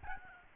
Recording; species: mosquito wingbeat signal from an infrared sensor; Aedes albopictus